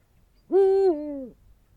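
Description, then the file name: Eurasian eagle-owl calling one booming hoot, steady at first and then falling to a lower pitch before cutting off. "uhu bagoly hangja"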